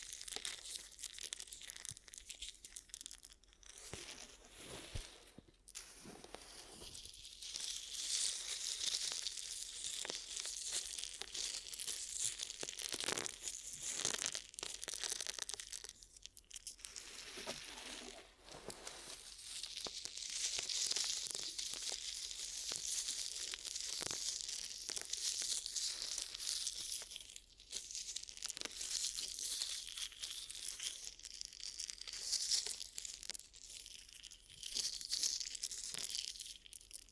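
Glue ear massage and cleaning, heard as a continuous crinkly, scratchy rubbing that stays bright and hissy throughout. Sharp pops and crackles break through every second or so, and the rubbing eases briefly around 17 and 27 seconds before resuming.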